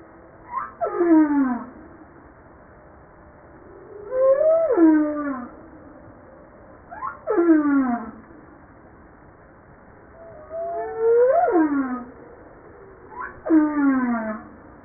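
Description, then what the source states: Humpback whale singing: repeated descending swept cries, each sliding down steeply with harmonics, in phrases spaced a few seconds apart. Recorded 5 March 1994.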